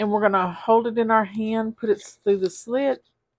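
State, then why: Not seated. A size 12 rubber band, about 1 3/4 by 1/16 inch, is held in the hand and pushed toward a slit cut in the cardstock of a paper pop-up card mechanism. Only someone talking is heard, with no distinct click. Nothing has seated or clicked into the slit yet.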